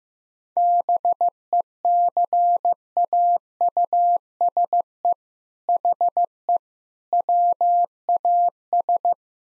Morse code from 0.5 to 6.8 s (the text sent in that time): BECAUSE HE